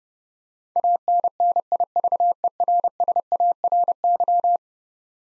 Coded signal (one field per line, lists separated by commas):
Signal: Morse code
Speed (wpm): 30 wpm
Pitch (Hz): 700 Hz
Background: none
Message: ANNIVERSARY